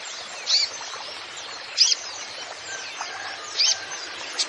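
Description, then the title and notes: Van Hasselt's sunbird giving a few short, high notes separated by pauses, over steady background hiss. Masteran recording for training songbirds; bird in lively (gacor) full song with isian fill phrases and tembakan shots. "MASTERAN KOLIBRI NINJA FULL ISIAN DAN TEMBAKAN. Suara Burung Kolibri Ninja Gacor"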